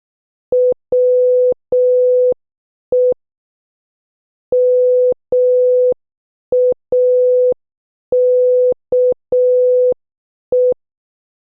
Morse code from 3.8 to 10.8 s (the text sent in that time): MAKE